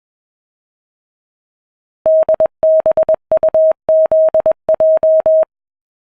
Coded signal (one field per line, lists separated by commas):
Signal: Morse code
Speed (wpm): 21 wpm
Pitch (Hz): 640 Hz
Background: none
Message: DBUZJ